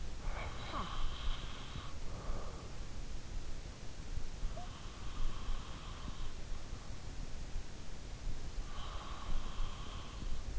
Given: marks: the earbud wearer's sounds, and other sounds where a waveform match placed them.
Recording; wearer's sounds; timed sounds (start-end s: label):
sounds in sleep by an in-ear microphone; breath
0.00-2.78 s: breath
8.85-10.59 s: breath